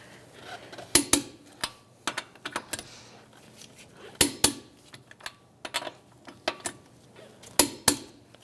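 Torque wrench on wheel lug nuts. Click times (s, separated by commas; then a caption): 0.9 s, 4.2 s, 7.6 s. A click-type torque wrench tightens the steel wheel lug nuts of a 2013-2018 Toyota RAV4 in a star pattern to 76 ft-lbs, with quieter ticks between the nuts. It gives a sharp double click at 1.0 s, 4.2 s and 7.6 s (echoed at 1.1, 4.4 and 7.9 s), signalling that the set torque has been reached on each nut.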